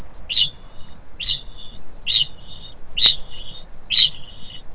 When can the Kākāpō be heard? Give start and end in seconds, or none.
0.00-4.74